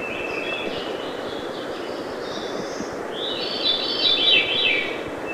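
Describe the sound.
Veery song: a bright, rolling phrase spiralling down arrives midway, after several thin whistles; steady hiss behind.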